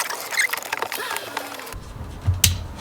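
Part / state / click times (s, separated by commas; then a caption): fuel pump basket into car fuel tank / seated / 2.4 s. A rebuilt $1300 fuel pump basket for a GTR is dropped back into the car's fuel tank and pushed in. Scratchy shuffling and handling noises give way to a low rumble and a dull thump as it is pressed down. A sharp, bright click at 2.5 s marks the assembly seating fully in place.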